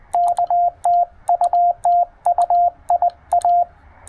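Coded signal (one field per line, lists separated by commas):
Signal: Morse code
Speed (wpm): 19 wpm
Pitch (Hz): 690 Hz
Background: radio noise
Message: K TU TU IA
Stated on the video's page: POTA park activation on a Penntek TR-45L with internal battery, CW Morse double paddle, and end-fed half wave antenna.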